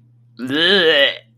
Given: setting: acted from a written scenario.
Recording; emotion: vocal sound without words; disgust